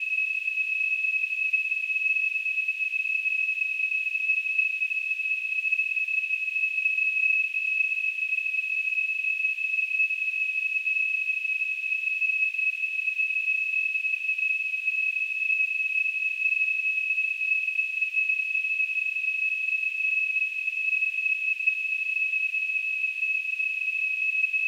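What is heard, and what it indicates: Simulated tinnitus: a steady, continuous high-pitched tone near 2.7 kHz with a faint hiss around it, unchanging in pitch and loudness throughout.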